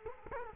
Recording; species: mosquito wingbeat signal from an infrared sensor; Culex quinquefasciatus